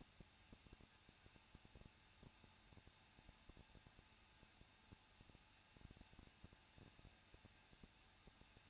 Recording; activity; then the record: daily activity, microphone in the room; no activity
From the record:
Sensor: 2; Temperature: 21.0 degrees Celsius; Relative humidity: 37.5%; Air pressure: 1006.2 hPa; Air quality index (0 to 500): 224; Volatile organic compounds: 25 ppm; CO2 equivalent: 2844 ppm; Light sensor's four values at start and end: 2/3/2/2 and 2/3/2/2